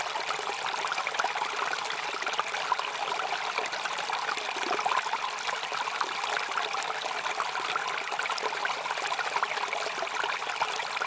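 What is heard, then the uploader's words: A stream runs steadily throughout, a dense, even rush of water with a bright, splashy texture and little low rumble. The flow stays constant from start to finish, with small trickling and bubbling details scattered through it and no other sounds standing out. Today he sent us in a recording of a stream.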